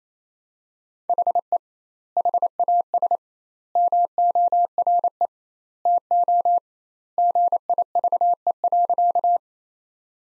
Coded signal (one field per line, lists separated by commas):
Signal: Morse code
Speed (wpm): 28 wpm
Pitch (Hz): 700 Hz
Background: none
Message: HE HAS MORE TO GIVE.